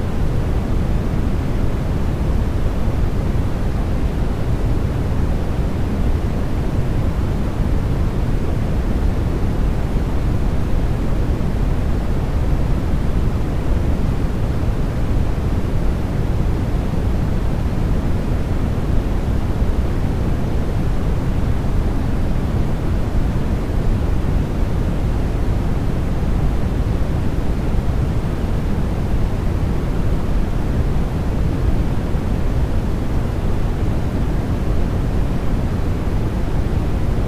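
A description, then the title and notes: Steady, unchanging white noise, dense and even throughout, weighted toward a deep low rumble with softer hiss above, like engine drone. White Noise Oasis: Soothing Sounds for Relaxation and Sleep.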